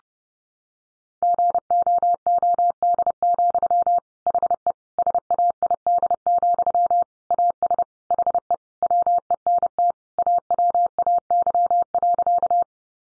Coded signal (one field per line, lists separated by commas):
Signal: Morse code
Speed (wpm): 30 wpm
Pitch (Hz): 700 Hz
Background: none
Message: GOOD, HE SAID, AS HE WENT AWAY.